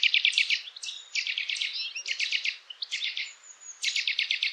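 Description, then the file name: Eurasian nuthatch delivering dense, almost continuous runs of sharp chattering notes in overlapping bursts, with occasional thin high whistles mixed in. "Sitta europaea"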